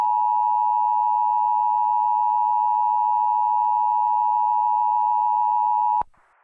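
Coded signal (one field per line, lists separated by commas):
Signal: Emergency Alert System (SAME) tones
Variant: 853 and 960 Hz attention tone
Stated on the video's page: Fictional global wildfire scenario using valid EAS tones.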